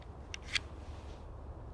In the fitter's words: locks into place but you know no bueno doesn't work so anyway